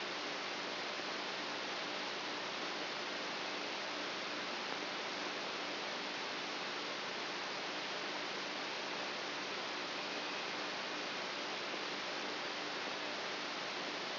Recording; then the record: brain microelectrode recording played as sound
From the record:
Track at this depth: outside the subthalamic nucleus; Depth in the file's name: 8.3 mm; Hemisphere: right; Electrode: 2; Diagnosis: Parkinson's disease